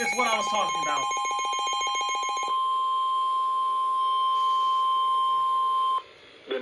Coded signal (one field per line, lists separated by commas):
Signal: Emergency Alert System (SAME) tones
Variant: 1050 Hz attention tone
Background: speech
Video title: EAS 221 - Severe Thunderstorm Warning